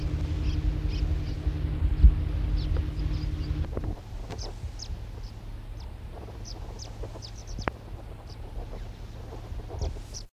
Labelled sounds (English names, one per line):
Scaly-feathered Weaver call